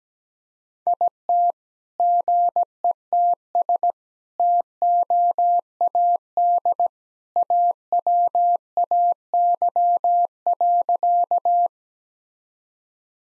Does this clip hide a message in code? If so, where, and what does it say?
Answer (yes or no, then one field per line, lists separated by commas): yes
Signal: Morse code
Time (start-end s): 0.9-11.7 s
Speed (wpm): 17 wpm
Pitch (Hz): 700 Hz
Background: none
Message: IT GETS TOAD AWAY.